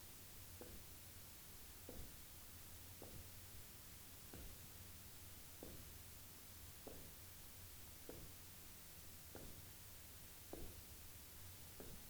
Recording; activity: daily activity, guitar pickup as the sensor; jump